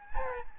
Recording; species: mosquito wingbeat signal from an infrared sensor; Aedes albopictus